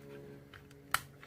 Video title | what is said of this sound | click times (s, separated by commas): Patriot Prime Reviews Very First Review; Shockwave Labs Titans Return Overlord Upgrade Set From 2017 | and then click into place | 1.0 s